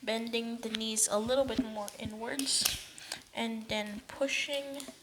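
Someone talks while handling the plastic legs of a transforming robot toy figure, bending the knees inward and starting to push the legs together. Soft handling sounds mix with the speech. The legs are still being handled, and nothing has snapped into place yet.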